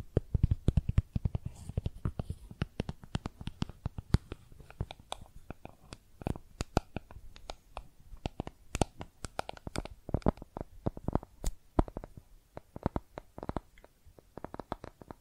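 Makeup being tapped and scratched with quick, sharp clicks and taps that come densely and irregularly throughout, sometimes in rapid bursts of several at once. Each hit is crisp and bright with a short low thump beneath, over a quiet, faint hiss.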